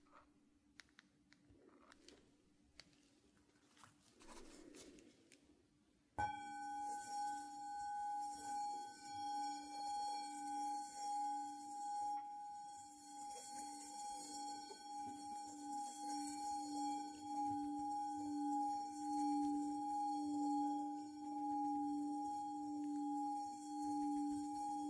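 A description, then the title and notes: Soft brushing and rubbing scratches for six seconds, then a Tibetan bowl is struck and rings steadily with bright overtones while faint brushing continues. Focus Tibetan Singing Bowl and Ear Brushing. ASMR Sounds Binaural Triggers Relaxing caresses on your ears with different brushes, foam and burlap during the tinkling of a Tibetan Bowl. Without whispering.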